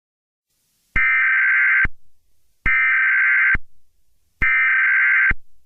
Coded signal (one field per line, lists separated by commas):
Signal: Emergency Alert System (SAME) tones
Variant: header bursts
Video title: Tung Tung Tung Sahur The EAS Scenario (#96)